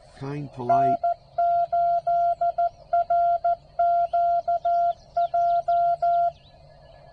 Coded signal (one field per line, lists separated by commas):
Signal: Morse code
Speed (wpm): 17 wpm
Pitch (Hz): 700 Hz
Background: speech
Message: N8RQJ